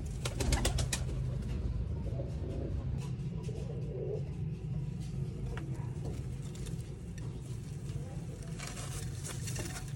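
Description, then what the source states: Pigeon sounds, faint and muffled, beneath a constant deep rumbling hum with frequent sharp clatters. Pigeon at egg hatching time.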